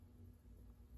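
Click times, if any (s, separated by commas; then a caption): none. A metal seal is pushed by hand onto the pulley sleeve of a Shimano Ultegra 6500/6600 rear derailleur during a rebuild. Only a low, steady hum and faint handling noise are heard, with no distinct pop. Nothing has seated or clicked yet.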